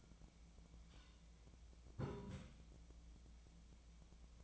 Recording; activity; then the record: daily activity, microphone in the room; take from stove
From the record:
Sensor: 1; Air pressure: 1010.0 hPa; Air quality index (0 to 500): 188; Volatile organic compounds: 17 ppm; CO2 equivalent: 2579 ppm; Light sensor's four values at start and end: 38/96/40/49 and 38/95/40/49